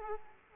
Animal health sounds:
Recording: mosquito wingbeat signal from an infrared sensor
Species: Aedes aegypti

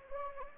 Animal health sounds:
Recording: mosquito wingbeat signal from an infrared sensor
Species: Anopheles gambiae

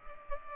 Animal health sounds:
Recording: mosquito wingbeat signal from an infrared sensor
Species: Culex pipiens

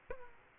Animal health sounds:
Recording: mosquito wingbeat signal from an infrared sensor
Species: Aedes aegypti

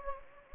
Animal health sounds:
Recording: mosquito wingbeat signal from an infrared sensor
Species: Anopheles gambiae

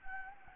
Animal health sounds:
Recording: mosquito wingbeat signal from an infrared sensor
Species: Anopheles gambiae

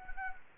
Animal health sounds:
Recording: mosquito wingbeat signal from an infrared sensor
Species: Anopheles gambiae

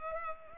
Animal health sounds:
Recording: mosquito wingbeat signal from an infrared sensor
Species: Culex pipiens

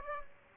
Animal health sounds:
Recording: mosquito wingbeat signal from an infrared sensor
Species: Aedes aegypti

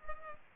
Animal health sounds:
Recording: mosquito wingbeat signal from an infrared sensor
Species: Culex pipiens

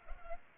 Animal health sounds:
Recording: mosquito wingbeat signal from an infrared sensor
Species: Culex pipiens

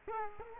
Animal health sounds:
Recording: mosquito wingbeat signal from an infrared sensor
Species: Culex quinquefasciatus

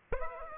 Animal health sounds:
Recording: mosquito wingbeat signal from an infrared sensor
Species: Aedes aegypti

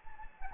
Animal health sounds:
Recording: mosquito wingbeat signal from an infrared sensor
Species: Anopheles gambiae

